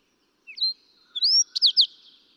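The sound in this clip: Fox sparrow song: two short introductory whistles, a long clear rising note, then a few quick bright slurred notes.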